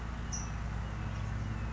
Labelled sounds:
California Towhee

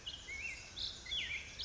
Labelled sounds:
Black-headed Grosbeak

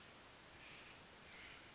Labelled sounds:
Western Flycatcher

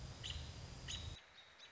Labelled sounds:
American Robin

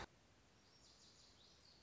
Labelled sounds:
Lazuli Bunting

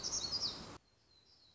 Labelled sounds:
Black-throated Gray Warbler

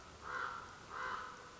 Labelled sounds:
Common Raven

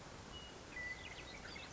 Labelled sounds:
Western Meadowlark

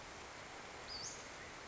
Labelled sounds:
Western Flycatcher

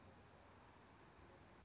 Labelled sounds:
Anna's Hummingbird

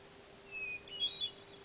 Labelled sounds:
Hermit Thrush

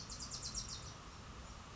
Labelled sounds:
Bewick's Wren

